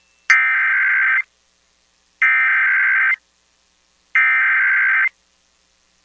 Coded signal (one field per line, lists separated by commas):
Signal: Emergency Alert System (SAME) tones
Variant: header bursts